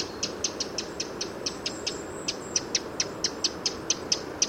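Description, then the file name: Eurasian wren calls: a steady series of short, dry ticking notes, about four to five per second, over a constant low rushing background noise. "Troglodytes troglodytes"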